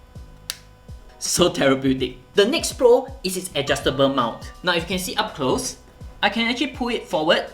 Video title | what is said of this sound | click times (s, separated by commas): Deity D4 V-Mic Review - EXTRAORDINARY One-of-a-kind Feature | Now once I press the cable into the microphone, you can hear this very satisfying click. | 0.5 s